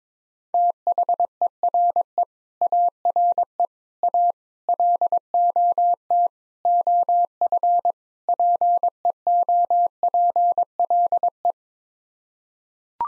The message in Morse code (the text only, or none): THERE ARE A LOT OF PEOPLE